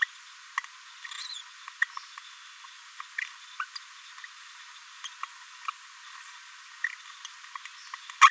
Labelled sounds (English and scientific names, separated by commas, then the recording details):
Green-rumped Parrotlet (Forpus passerinus) babbling
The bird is a male
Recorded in a nest box in Venezuela
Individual 17B42A3